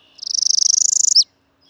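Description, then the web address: Northern Parula song: a rapid buzzy trill climbing steadily in pitch for about a second, snapping off with a sharp downward flick at the end. Sings from high up. "BIRD NOTE. Northern Parula"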